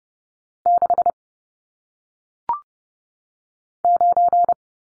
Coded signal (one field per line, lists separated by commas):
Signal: Morse code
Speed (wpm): 30 wpm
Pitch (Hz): 700 Hz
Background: none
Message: 6 9